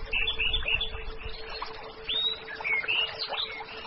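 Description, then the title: Orange-headed thrush giving quick whistled notes and a longer slurred phrase, mixed with low rumbling noise and a faint steady hum. "Anis Merah"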